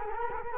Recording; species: mosquito wingbeat signal from an infrared sensor; Culex quinquefasciatus